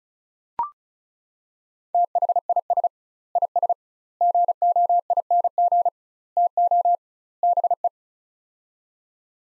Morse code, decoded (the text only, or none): THIS IS GOING TO BE